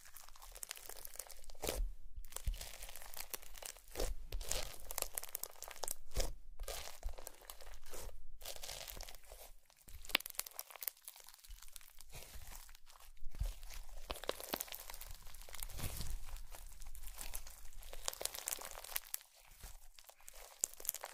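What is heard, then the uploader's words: Slime being squeezed and worked, giving a dense, bright crackling and crunching texture with squishy pops. The sound comes in bursts of a few seconds, broken by short pauses around 2, 6, 8, 10 and 19 seconds. The handling rises and falls in loudness throughout. Slime Sounds.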